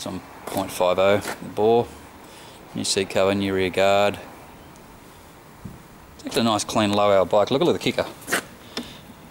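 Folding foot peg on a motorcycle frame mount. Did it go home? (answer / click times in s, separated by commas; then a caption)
yes / 8.8 s. Someone talks while a folding foot peg on the frame mount of a 1984 Honda CR158 motorcycle is flipped. The peg snaps back into its detent position with a sharp click at 8.8 s, seated firmly and held tight.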